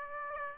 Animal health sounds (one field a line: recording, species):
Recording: mosquito wingbeat signal from an infrared sensor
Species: Aedes aegypti